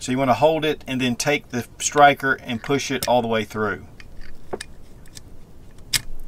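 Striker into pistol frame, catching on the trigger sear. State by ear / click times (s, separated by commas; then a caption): seated / 6.0 s. Someone talks while reassembling a Hi Standard Dura Matic .22 Classic target pistol, then pushes the striker through its channel in the pistol frame and back; a few small sliding and tapping sounds follow. A sharp click at 6.0 s marks the striker catching on the trigger sear, so it is seated in place.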